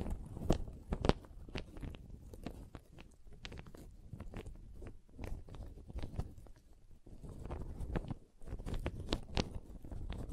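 Wooden triggers tap and knock in quick, irregular clusters throughout, sharp clicks over a low rumbling base, with a brief quiet dip near seven seconds.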